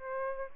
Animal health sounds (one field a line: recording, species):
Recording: mosquito wingbeat signal from an infrared sensor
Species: Aedes albopictus